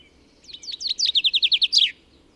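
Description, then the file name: Common chaffinch song: a rapid series of bright repeated notes ending in a quick flourish, lasting about one and a half seconds. "Fringilla coelebs"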